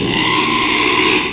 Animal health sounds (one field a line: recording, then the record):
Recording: squeal of a Yucatan mini pig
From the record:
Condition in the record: after surgery on the right vocal fold (resection and tissue-engineered implant)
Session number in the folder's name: 1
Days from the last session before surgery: 6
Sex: male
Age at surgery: 12 weeks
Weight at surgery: 13 kg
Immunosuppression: cyclosporine, prednisolone